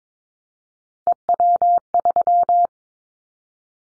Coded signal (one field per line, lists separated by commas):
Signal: Morse code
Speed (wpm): 22 wpm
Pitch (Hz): 700 Hz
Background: none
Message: EW3